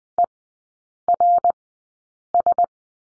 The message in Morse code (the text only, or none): ERS